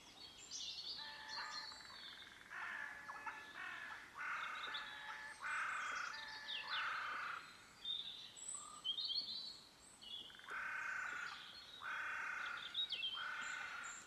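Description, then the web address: Bird calls: rasping, buzzy bursts repeat in runs, interspersed with high chirps and whistled squeaks. "cianscape. Deverinetal 2025. Bird Only"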